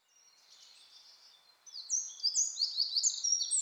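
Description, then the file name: Eurasian wren: soft high notes at first, then a rapid, energetic string of piercing, slurred notes. "Troglodytes troglodytes"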